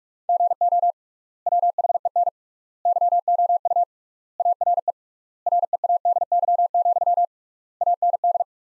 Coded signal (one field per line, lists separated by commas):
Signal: Morse code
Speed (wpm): 41 wpm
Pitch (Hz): 700 Hz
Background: none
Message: GO WHEN YOU ARE READY, AND